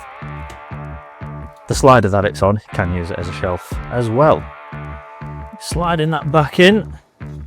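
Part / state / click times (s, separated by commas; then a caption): fridge slide tray latch in a campervan kitchen cabinet / not seated / none. A sliding fridge tray on its slide in a campervan kitchen cabinet is pushed back in toward the slide latch that locks it closed, while someone talks over background music with a steady beat. A sharp sound comes at 7.2 s, but the tray has not yet gone home, and nothing has seated or clicked yet.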